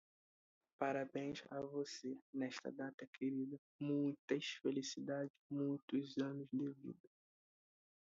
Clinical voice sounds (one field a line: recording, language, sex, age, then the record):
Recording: short text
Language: Brazilian Portuguese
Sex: male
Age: 18 to 19 years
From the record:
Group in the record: control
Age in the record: 19 years